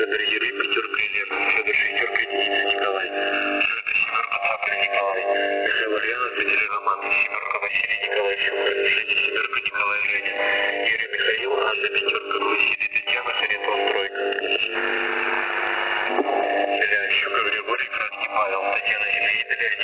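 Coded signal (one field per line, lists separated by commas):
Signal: coded military voice message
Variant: The Pip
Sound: a distorted, muffled voice reading over noisy shortwave radio, without pauses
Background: radio static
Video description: "The Pip" is a Russian military radiostation that broadcasts on 5448 kHz at daytie and 3756 kHz at nighttime.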